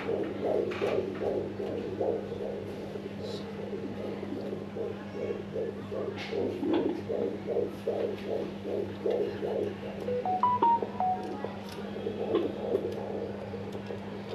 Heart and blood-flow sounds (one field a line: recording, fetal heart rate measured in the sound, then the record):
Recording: fetal heartbeat by stethoscope microphone, probably a fetal Doppler's sound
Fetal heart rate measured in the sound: 154 bpm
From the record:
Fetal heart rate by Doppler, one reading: 153 bpm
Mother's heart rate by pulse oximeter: 70 bpm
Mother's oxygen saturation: 98%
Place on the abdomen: left of abdomen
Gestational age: 38+ weeks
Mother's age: 22 years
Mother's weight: 47 kg